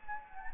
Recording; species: mosquito wingbeat signal from an infrared sensor; Anopheles gambiae